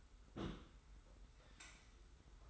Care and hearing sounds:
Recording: daily activity, microphone in the room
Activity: place on stove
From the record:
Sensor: 3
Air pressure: 991.0 hPa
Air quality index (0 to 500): 102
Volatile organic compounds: 35 ppm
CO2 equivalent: 3060 ppm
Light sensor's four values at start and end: 45/124/51/44 and 45/124/51/44

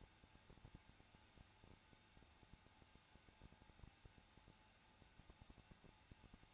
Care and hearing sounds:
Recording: daily activity, microphone in the room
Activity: no activity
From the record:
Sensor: 2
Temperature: 21.0 degrees Celsius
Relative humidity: 34.2%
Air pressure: 994.4 hPa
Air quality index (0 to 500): 172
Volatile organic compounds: 3 ppm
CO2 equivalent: 1335 ppm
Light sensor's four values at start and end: 2/3/2/2 and 2/3/2/2

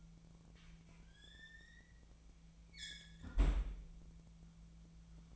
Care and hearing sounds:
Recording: daily activity, microphone in the room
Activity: close fridge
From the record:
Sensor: 1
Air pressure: 1009.7 hPa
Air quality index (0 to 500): 192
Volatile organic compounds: 18 ppm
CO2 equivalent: 2634 ppm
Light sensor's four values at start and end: 32/82/34/41 and 32/81/34/41

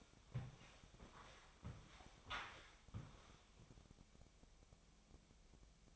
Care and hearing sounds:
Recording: daily activity, microphone in the room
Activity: walk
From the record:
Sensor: 1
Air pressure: 1000.6 hPa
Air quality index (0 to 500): 172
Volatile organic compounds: 4 ppm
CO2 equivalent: 1592 ppm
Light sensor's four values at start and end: 14/35/15/17 and 13/32/13/15

